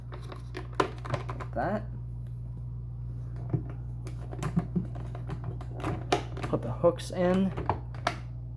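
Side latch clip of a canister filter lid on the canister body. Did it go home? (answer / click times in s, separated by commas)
yes / 8.1 s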